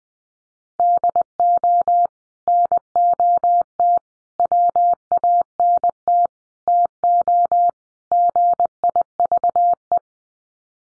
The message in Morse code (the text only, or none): DO NOT WANT TO GIVE